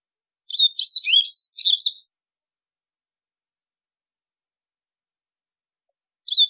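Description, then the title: White-throated seedeater singing a fast, warbled phrase of sweet twitters and down-slurred notes, then a long silence before a fresh phrase begins. "Canto Do Golinha"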